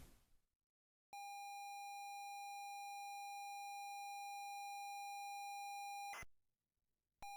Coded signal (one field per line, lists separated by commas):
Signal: ZX Spectrum tape loading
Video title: ZX Spectrum MIA Preview / Episode 2 / Backup - Perrian Limited (also Follow Up + Backup Pot Pourri)